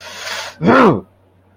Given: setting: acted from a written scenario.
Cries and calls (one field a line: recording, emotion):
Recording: vocal sound without words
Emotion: embarrassment